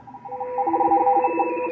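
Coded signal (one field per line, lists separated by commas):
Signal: RTTY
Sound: rapid two-tone warbling teletype chatter, several overlapping signals at different pitches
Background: radio static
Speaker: If you're new to the hobby, you might have turned the radio on and listened to this.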